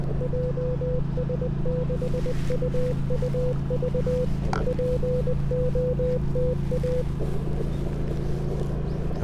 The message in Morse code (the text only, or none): JS6UUV POTA